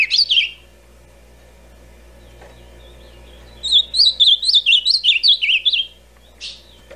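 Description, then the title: Ultramarine grosbeak singing a rapid phrase of bouncing, wavering whistles near two seconds long, preceded by a brief note fragment and followed by a short chip. Classic original song of the ultramarine grosbeak, presented as a song for training birds. "Azulão Canto Clássico Original. Canto De Azulão Para Treinamento"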